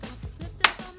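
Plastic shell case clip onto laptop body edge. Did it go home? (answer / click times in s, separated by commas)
yes / 0.6 s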